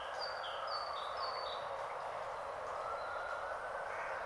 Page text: Fiona Dunn's Podcast. Great Tit in the Rain on 8 Jan 2022. It was wonderful to hear this herald of Spring outside my window on a grey, rainy Saturday